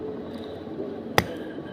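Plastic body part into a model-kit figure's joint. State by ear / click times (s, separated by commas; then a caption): seated / 1.2 s. A plastic body part is pressed into the joint of a model-kit action figure, giving a single sharp click at 1.2 seconds over a quiet background. The part seats firmly in place.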